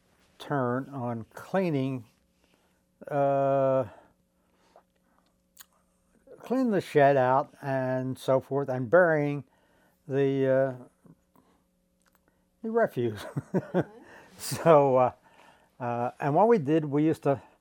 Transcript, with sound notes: turn on cleaning — cleaning the shed out and so forth and burying the — the refuse. [chuckles]
Uh-hmm.
So — and what we did, we used to